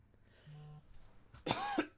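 One short, harsh cough from an adult near the end, after quiet room sound with a faint steady tone.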